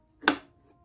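A 3D-printed plastic piece of a full-size droid body, held by a magnet, is pressed down onto its mount on the ledge of the droid's dome/bucket. A soft scrape at about 0.2 s leads into one sharp, loud, short snap at 0.3 s. The piece is seated in place.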